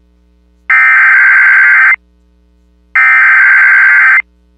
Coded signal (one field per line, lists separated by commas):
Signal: Emergency Alert System (SAME) tones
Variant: header bursts